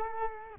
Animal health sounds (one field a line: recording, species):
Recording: mosquito wingbeat signal from an infrared sensor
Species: Culex quinquefasciatus